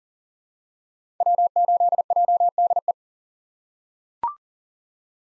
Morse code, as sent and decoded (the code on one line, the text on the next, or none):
.-- ---.. .--- -.. .
W8JDE